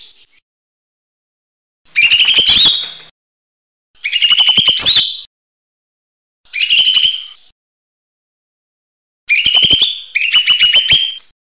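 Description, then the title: Bird song in five short, buzzy, chattering bursts of about a second each, mostly separated by silent pauses, high-pitched with rapid slurred notes. "SuaraBurung Kicau"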